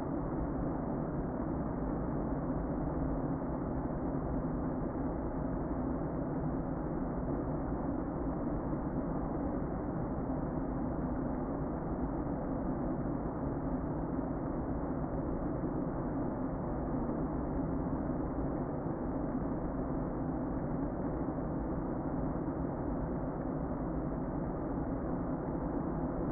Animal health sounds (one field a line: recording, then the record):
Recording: honeybee colony, microphone inside the hive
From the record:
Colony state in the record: queen present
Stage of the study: before two queens were removed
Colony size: about 60,000 bees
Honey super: yes